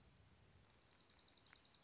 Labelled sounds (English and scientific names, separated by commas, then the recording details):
Dark-eyed Junco (Junco hyemalis)
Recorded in Sonoma County, California